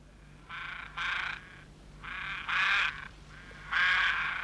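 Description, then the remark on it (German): Ravens croak in hoarse, raspy calls, about five of them in loose pairs with short gaps between, fairly loud over a faint low hum, with no talking. “Du hörst, wie die Raben dich warnen.”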